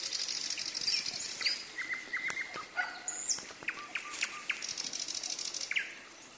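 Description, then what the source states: Common nightingale singing, high buzzy notes, short whistles and a fast stuttering series of clicks. Singing in the evening, with thunder.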